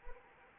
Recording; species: mosquito wingbeat signal from an infrared sensor; Anopheles arabiensis